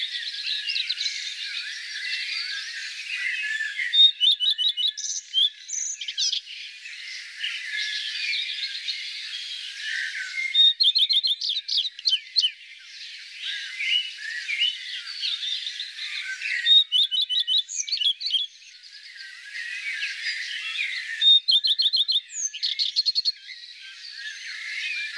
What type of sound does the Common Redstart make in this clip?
song